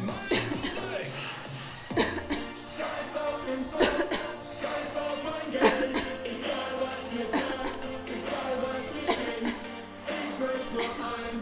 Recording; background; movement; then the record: voluntary coughing; music; sitting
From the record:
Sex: female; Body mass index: 18.3 kg/m2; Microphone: on the chest, facing outward